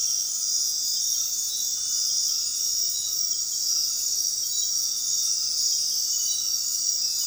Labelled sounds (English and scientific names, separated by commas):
none